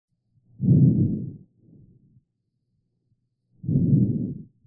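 Normal vesicular breath sounds heard by stethoscope over the chest surface: soft, non-musical breathing, two louder low-pitched breaths with a fainter phase between. Heard over the chest and any region auscultated; reduced in pneumothorax or pleural effusion and anything that impairs sound transmission.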